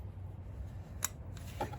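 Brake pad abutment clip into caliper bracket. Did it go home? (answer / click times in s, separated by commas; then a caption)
yes / 1.1 s. A metal brake pad abutment clip (tab) is pushed into the caliper bracket of a 2005-2010 Pontiac Solstice during a brake pad and rotor replacement. A sharp metallic click is heard at 1.1 s over a low steady hum, followed by softer handling sounds around 1.4 s and 1.6 s. The clip seats in place.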